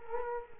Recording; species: mosquito wingbeat signal from an infrared sensor; Culex quinquefasciatus